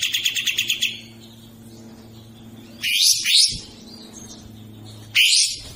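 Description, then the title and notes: Bird sounds: a short rapid trill, a pause, then three loud harsh sweeping calls. Melodious bird sound, used as a ringtone. "Burung Dengan Suara Merdu"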